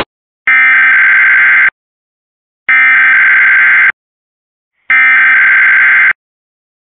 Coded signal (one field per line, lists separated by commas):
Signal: Emergency Alert System (SAME) tones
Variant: header bursts